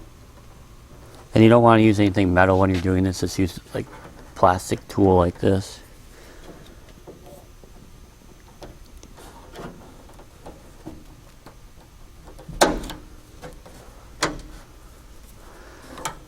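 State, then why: Not seated. A plastic trim tool presses a vent weatherstrip's plastic retaining clip toward its hole in the metal vent window frame of a 1955-1959 Chevy truck. Someone talks at the start, followed by quiet handling with a few short sharp taps later on. Nothing has seated or clicked into place yet.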